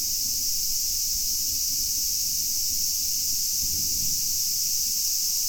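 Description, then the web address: Cicada's constant high whirring drone, steady and unvarying, with soft low rumbling underneath. Recorded 8 August 2019. "fukudai fu-cicada"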